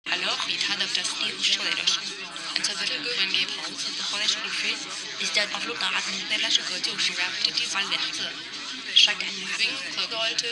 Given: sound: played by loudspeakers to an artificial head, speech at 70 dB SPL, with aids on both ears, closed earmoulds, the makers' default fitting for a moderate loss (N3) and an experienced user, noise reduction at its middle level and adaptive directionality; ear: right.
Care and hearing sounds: speech test signal (ISTS) in cocktail-party noise; -3 dB; on the right (90 degrees)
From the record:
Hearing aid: class 1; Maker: B

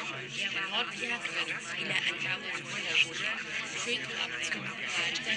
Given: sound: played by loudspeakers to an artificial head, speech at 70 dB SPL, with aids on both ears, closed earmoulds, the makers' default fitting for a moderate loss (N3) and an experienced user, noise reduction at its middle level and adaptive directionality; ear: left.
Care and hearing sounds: speech test signal (ISTS) in cocktail-party noise; -6 dB; in front (0 degrees)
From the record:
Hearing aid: class 2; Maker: G

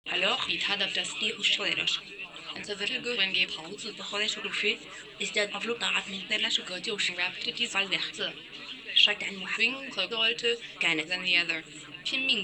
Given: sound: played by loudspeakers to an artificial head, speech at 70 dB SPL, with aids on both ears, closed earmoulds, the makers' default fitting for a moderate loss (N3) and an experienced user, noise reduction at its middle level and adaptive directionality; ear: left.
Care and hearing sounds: speech test signal (ISTS) in cocktail-party noise; +9 dB; in front (0 degrees)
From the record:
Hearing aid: class 1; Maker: C

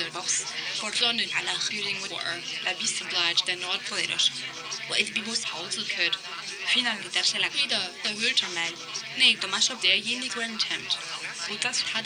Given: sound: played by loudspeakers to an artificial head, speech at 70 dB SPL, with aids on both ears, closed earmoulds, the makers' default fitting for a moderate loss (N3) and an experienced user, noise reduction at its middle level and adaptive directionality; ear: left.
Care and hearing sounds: speech test signal (ISTS) in cocktail-party noise; +3 dB; in front (0 degrees)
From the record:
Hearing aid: class 2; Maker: A

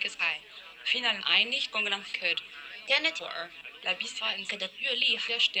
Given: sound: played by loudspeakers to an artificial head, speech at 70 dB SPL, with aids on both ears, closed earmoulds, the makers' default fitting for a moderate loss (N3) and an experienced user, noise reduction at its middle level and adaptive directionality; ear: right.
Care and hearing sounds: speech test signal (ISTS) in cocktail-party noise; +9 dB; on the right (90 degrees)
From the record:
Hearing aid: class 1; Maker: I

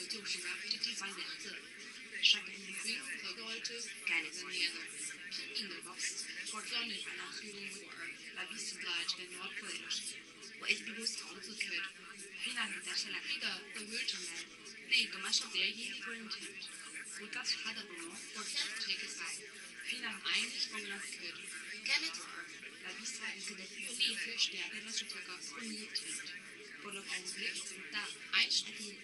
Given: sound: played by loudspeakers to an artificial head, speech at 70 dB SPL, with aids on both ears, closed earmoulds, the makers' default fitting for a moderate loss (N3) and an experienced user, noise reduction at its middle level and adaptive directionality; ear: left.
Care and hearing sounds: speech test signal (ISTS) in cocktail-party noise; 0 dB; on the right (90 degrees)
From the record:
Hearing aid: class 2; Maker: J

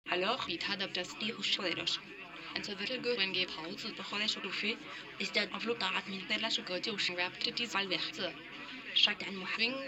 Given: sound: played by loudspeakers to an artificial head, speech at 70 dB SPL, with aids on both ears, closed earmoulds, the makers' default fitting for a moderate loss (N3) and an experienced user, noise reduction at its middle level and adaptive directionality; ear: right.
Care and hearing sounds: speech test signal (ISTS) in cocktail-party noise; +6 dB; on the right (90 degrees)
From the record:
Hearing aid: class 1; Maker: D

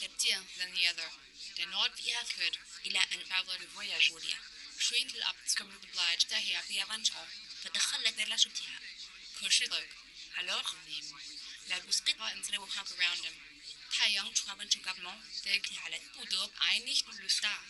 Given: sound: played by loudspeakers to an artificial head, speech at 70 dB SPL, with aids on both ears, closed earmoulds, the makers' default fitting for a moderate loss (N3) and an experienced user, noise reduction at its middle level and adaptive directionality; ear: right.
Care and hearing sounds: speech test signal (ISTS) in cocktail-party noise; +6 dB; on the right (90 degrees)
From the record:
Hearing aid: class 2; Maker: H

